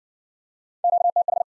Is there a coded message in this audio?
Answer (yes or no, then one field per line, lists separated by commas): yes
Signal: Morse code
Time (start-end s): 0.8-1.4 s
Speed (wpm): 49 wpm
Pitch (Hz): 700 Hz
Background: none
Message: QTH